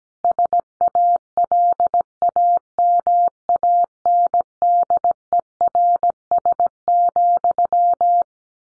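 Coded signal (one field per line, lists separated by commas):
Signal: Morse code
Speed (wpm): 17 wpm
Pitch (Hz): 700 Hz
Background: none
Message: SALAMANDERS,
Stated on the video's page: Morse head-copy sentence practice at 17 wpm.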